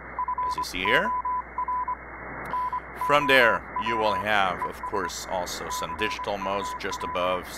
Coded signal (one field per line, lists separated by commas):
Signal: Morse code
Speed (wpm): 24 wpm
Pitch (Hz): 1000 Hz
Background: speech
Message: FOR NOW ES CUL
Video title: Shortwave Spectrum What is from 7 MHz to 8 MHz to listen to